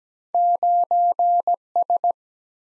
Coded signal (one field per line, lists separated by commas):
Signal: Morse code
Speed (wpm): 17 wpm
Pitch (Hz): 700 Hz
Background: none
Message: 9 S